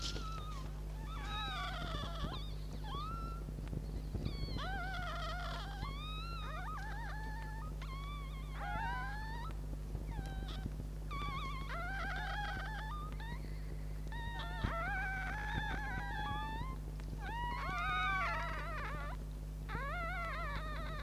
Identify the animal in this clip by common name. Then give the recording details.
Red Fox. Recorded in captivity. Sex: diverse. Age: juvenile. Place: Zoologisches Institut der HUB, Berlin, DE. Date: 1956-04-02 13:30. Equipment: Elmetra. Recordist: Tembrock, Günter